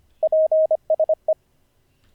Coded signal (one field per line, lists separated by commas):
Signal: Morse code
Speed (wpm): 25 wpm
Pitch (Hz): 630 Hz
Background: none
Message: PSE